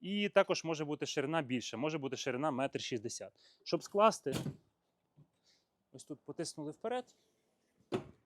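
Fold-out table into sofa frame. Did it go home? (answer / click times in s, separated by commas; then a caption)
yes / 7.9 s. Someone talks while pushing the built-in fold-out table of a small Adeus AD transformer sofa forward to stow it into the sofa frame; the sofa has a 140 cm seat, a 140 by 200 cm sleeping area, and can also come 160 cm wide. A single sharp knock at 7.9 s marks the table locking back into its place.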